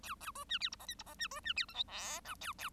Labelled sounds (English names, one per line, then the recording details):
Bengalese Finch song
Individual Bird1